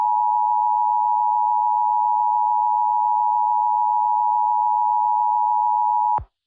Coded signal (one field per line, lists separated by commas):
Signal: Emergency Alert System (SAME) tones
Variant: 853 and 960 Hz attention tone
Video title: IN THE PRAIRIE: [EAS Tornado Scenario]